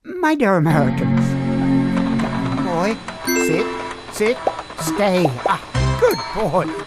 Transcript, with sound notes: My Dear Americans, [Over fading computer noises] Down Boy!… Sit!… Sit!… Stay!! Ah, Good Boy!